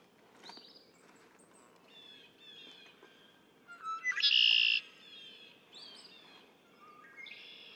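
Red-winged blackbird song: a few short introductory notes, then a loud, harsh buzzy trill lasting under a second, with fainter chirps and whistles before and after it.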